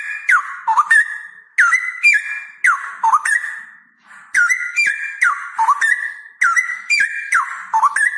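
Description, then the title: Straw-headed bulbul singing a loud, liquid warble of dipping and rising whistles in repeated phrases. Male singing persistently with a loud voice and long rolling trills. "Cucak ROWO Jantan GACOR Suara Lantang ROoo EL Panjang"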